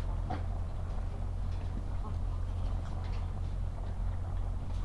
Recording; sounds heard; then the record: poultry house recording; sick chickens (respiratory disease)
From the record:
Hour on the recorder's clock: 8